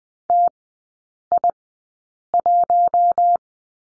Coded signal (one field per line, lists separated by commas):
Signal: Morse code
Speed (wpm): 20 wpm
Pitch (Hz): 700 Hz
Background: none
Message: TI1